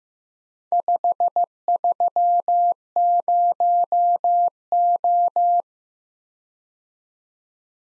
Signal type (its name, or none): Morse code